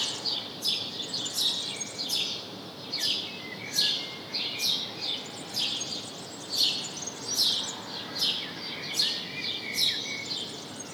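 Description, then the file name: House sparrow giving a series of sharp chirps, a little over one per second, over constant background noise. "Passer domesticus"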